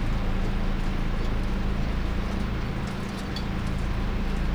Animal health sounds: poultry house recording; no chicken sound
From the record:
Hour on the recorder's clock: 21

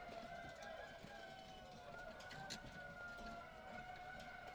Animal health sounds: poultry house recording; healthy chickens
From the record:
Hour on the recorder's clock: 18

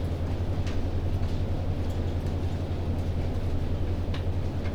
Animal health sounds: poultry house recording; no chicken sound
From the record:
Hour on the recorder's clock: 0

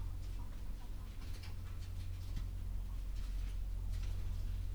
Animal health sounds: poultry house recording; sick chickens (respiratory disease)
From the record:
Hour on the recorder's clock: 11

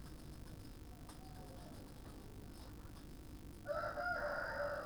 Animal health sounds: poultry house recording; healthy chickens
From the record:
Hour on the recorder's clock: 9

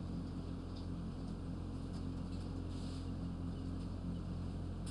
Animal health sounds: poultry house recording; healthy chickens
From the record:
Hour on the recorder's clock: 23

